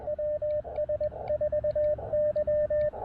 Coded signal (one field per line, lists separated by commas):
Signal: Morse code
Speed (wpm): 20 wpm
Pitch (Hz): 590 Hz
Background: radio noise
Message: WS4Y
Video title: POTA in Dayton with Friends and testing a new prototype KX2 universal paddle mount!